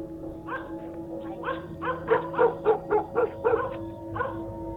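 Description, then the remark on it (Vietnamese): Dogs across a village barking loudly in a rapid series of sharp, mid-pitched yaps, with a burst of evenly spaced barks in the middle and a final bark after a short pause, against a steady low hum. “Cả làng có động, chó sủa lên ông ổng.”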